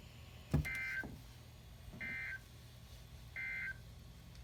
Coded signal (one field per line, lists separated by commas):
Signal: Emergency Alert System (SAME) tones